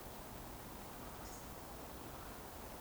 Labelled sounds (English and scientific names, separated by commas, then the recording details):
Eurasian Woodcock (Scolopax rusticola) whistle
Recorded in Baden-Württemberg, Germany, on 15 June 2020 at 20:16 UTC
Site 14569, 102 m above sea level